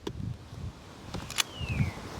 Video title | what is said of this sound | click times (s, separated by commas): The Kokomo Lantern Presents: Outdoors with Bud 7-12-25 | Now, I hope you heard that click. | 1.4 s